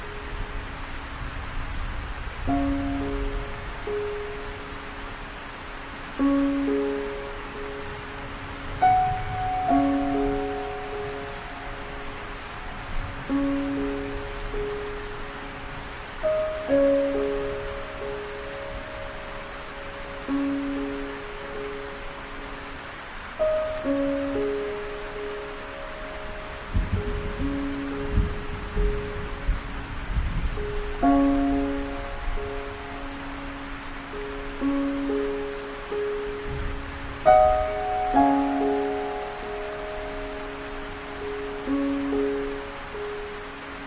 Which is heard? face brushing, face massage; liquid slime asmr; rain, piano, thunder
rain, piano, thunder